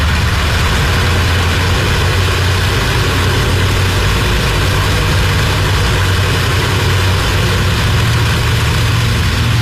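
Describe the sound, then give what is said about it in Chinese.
Heavy bomber engines roar as the aircraft, loaded with fuel and bombs, take off from the narrow deck of an aircraft carrier on the raid on Japan led by Jimmy Doolittle; a loud, steady, rumbling drone with a deep low throb and broad hiss that holds without pause, with no voices. “装上燃油和炸弹后，笨重的飞机从甲板上摇摇晃晃地起飞了。”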